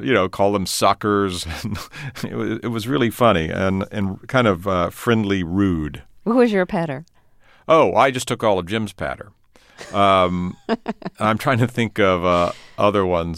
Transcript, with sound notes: you know, call them suckers, and it was really funny and kind of friendly rude.
What was your patter?
Oh, I just took all of Jim's patter. (LAUGHTER) I'm trying to think of other ones.